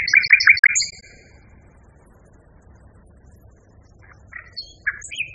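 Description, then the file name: Common nightingale song: brief loud rattling phrase and high notes, a pause, then scattered varied chirps starting again. Nightingale song variation. "kicauan nightingale b variasi. omkicau"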